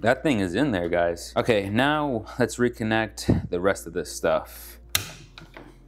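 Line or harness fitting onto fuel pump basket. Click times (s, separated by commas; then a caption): 4.9 s. Someone talks while reconnecting the remaining line or harness fittings onto the fuel pump basket of a 2017 Subaru WRX STI, after seating an AEM 340 fuel pump. A sharp mechanical click at 5.0 s shows the basket connection clicking back on and seated, followed by two faint ticks at 5.4 s and 5.6 s.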